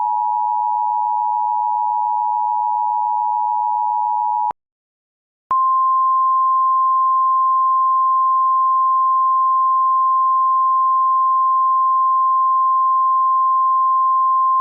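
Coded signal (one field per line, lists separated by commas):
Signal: Emergency Alert System (SAME) tones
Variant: 853 and 960 Hz attention tone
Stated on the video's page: Fictional EAS scenario with valid SAME tones, alongside a synthesized SD-10 siren.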